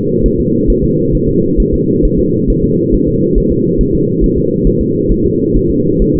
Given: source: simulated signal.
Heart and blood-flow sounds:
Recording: fetal heart sounds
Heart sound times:
0.26 s: S1
0.40 s: S2
0.70 s: S1
0.84 s: S2
1.15 s: S1
1.29 s: S2
1.60 s: S1
1.74 s: S2
2.05 s: S1
2.19 s: S2
2.50 s: S1
2.64 s: S2
2.94 s: S1
3.08 s: S2
3.38 s: S1
3.52 s: S2
3.81 s: S1
3.95 s: S2
4.24 s: S1
4.38 s: S2
4.67 s: S1
4.81 s: S2
5.12 s: S1
5.25 s: S2
5.57 s: S1
5.70 s: S2
6.02 s: S1
6.16 s: S2
From the record:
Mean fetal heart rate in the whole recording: 135 bpm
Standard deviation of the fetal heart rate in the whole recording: 3 bpm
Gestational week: 36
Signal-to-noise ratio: -11.2 dB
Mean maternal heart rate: 72 bpm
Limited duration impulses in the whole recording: present

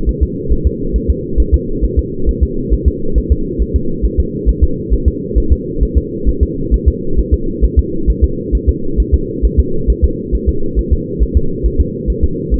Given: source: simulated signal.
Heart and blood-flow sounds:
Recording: fetal heart sounds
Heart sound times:
0.09 s: S1
0.23 s: S2
0.52 s: S1
0.67 s: S2
0.96 s: S1
1.10 s: S2
1.40 s: S1
1.54 s: S2
1.84 s: S1
1.99 s: S2
2.29 s: S1
2.43 s: S2
2.74 s: S1
2.88 s: S2
3.18 s: S1
3.32 s: S2
3.62 s: S1
3.76 s: S2
4.05 s: S1
4.20 s: S2
4.49 s: S1
4.63 s: S2
4.93 s: S1
5.08 s: S2
5.38 s: S1
5.52 s: S2
5.83 s: S1
5.98 s: S2
6.29 s: S1
6.43 s: S2
6.74 s: S1
6.88 s: S2
7.19 s: S1
7.34 s: S2
7.65 s: S1
7.79 s: S2
8.10 s: S1
8.24 s: S2
8.55 s: S1
8.69 s: S2
9.00 s: S1
9.14 s: S2
9.45 s: S1
9.60 s: S2
9.90 s: S1
10.05 s: S2
10.35 s: S1
10.49 s: S2
10.79 s: S1
10.93 s: S2
11.22 s: S1
11.37 s: S2
11.66 s: S1
11.81 s: S2
12.10 s: S1
12.24 s: S2
12.54 s: S1
From the record:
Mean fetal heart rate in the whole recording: 135 bpm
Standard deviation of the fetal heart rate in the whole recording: 3 bpm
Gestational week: 34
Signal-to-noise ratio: -8.1 dB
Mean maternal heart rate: 72 bpm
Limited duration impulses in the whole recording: absent

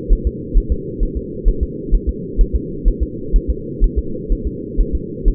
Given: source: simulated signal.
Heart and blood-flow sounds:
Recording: fetal heart sounds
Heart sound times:
0.13 s: S1
0.27 s: S2
0.57 s: S1
0.72 s: S2
1.03 s: S1
1.17 s: S2
1.49 s: S1
1.63 s: S2
1.95 s: S1
2.09 s: S2
2.41 s: S1
2.56 s: S2
2.88 s: S1
3.03 s: S2
3.36 s: S1
3.50 s: S2
3.84 s: S1
3.99 s: S2
4.32 s: S1
4.47 s: S2
4.81 s: S1
4.95 s: S2
5.28 s: S1
From the record:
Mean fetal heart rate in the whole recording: 130 bpm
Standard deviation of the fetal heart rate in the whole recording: 2 bpm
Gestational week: 38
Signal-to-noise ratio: -4.3 dB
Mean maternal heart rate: 72 bpm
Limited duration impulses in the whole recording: absent

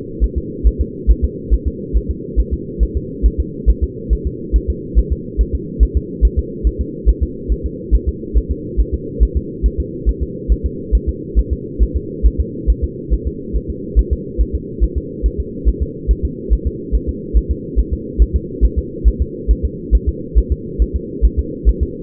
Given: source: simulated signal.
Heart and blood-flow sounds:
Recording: fetal heart sounds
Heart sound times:
0.24 s: S1
0.38 s: S2
0.67 s: S1
0.81 s: S2
1.11 s: S1
1.25 s: S2
1.54 s: S1
1.68 s: S2
1.97 s: S1
2.11 s: S2
2.40 s: S1
2.53 s: S2
2.83 s: S1
2.97 s: S2
3.26 s: S1
3.40 s: S2
3.70 s: S1
3.84 s: S2
4.13 s: S1
4.27 s: S2
4.56 s: S1
4.70 s: S2
4.98 s: S1
5.12 s: S2
5.41 s: S1
5.55 s: S2
5.83 s: S1
5.97 s: S2
6.25 s: S1
6.39 s: S2
6.67 s: S1
6.81 s: S2
7.09 s: S1
7.23 s: S2
7.52 s: S1
7.66 s: S2
7.95 s: S1
8.09 s: S2
8.37 s: S1
8.51 s: S2
8.80 s: S1
8.94 s: S2
9.23 s: S1
9.37 s: S2
9.66 s: S1
9.80 s: S2
10.09 s: S1
10.23 s: S2
10.52 s: S1
10.66 s: S2
10.95 s: S1
11.09 s: S2
11.39 s: S1
11.53 s: S2
11.82 s: S1
11.97 s: S2
12.26 s: S1
12.40 s: S2
12.70 s: S1
12.84 s: S2
13.13 s: S1
13.27 s: S2
13.56 s: S1
13.70 s: S2
13.99 s: S1
14.13 s: S2
14.41 s: S1
14.55 s: S2
14.84 s: S1
14.97 s: S2
15.26 s: S1
15.40 s: S2
15.69 s: S1
15.82 s: S2
16.11 s: S1
16.25 s: S2
16.53 s: S1
16.67 s: S2
16.95 s: S1
17.09 s: S2
17.37 s: S1
17.51 s: S2
17.79 s: S1
17.93 s: S2
18.22 s: S1
18.36 s: S2
18.65 s: S1
18.78 s: S2
19.08 s: S1
19.22 s: S2
19.51 s: S1
19.65 s: S2
19.95 s: S1
20.09 s: S2
20.38 s: S1
20.52 s: S2
20.82 s: S1
20.96 s: S2
21.25 s: S1
21.39 s: S2
21.69 s: S1
21.83 s: S2
From the record:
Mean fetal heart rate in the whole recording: 140 bpm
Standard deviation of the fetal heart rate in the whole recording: 2 bpm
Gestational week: 34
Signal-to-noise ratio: -4.1 dB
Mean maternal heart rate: no maternal heart sound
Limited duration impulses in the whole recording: absent

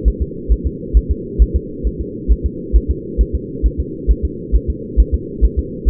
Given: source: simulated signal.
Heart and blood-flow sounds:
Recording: fetal heart sounds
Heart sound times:
0.08 s: S1
0.22 s: S2
0.52 s: S1
0.66 s: S2
0.97 s: S1
1.11 s: S2
1.42 s: S1
1.56 s: S2
1.87 s: S1
2.01 s: S2
2.31 s: S1
2.46 s: S2
2.76 s: S1
2.91 s: S2
3.21 s: S1
3.35 s: S2
3.66 s: S1
3.80 s: S2
4.11 s: S1
4.25 s: S2
4.55 s: S1
4.70 s: S2
5.00 s: S1
5.14 s: S2
5.44 s: S1
5.59 s: S2
5.89 s: S1
From the record:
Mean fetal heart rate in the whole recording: 135 bpm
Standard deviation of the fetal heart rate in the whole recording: 3 bpm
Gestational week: 34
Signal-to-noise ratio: -4.1 dB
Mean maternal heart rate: no maternal heart sound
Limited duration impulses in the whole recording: absent

